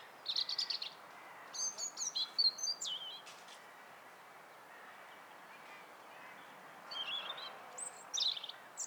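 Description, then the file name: European robin delivering high-pitched, varied twittering phrases, with a long quiet pause before more phrases at the end. "Erithacus rubecula"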